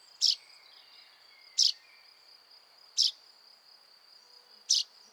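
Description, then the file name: Common chaffinch calls: four short, sharp, high notes about 1.4 to 1.8 seconds apart, over a steady high insect-like drone. "Fringilla coelebs"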